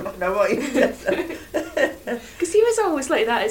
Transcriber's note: laughs